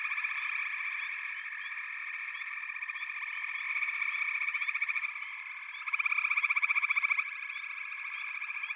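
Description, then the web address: Frogs chorusing in fast pulsed trills, loudness rising and falling, a loud vibrating burst about two-thirds through. "The Natural Sounds of the Wilderness. Echoes of Nature - Frog Chorus"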